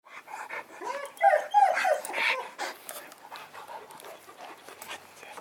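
Dog whimpering: soft, wavering high whines and short squeaks, with breathy noises between.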